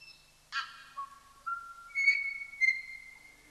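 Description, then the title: Tui giving a few long pure whistled notes, one starting with a harsh rasp, stepping between pitches with short pauses, in otherwise quiet surroundings. "Tui sings"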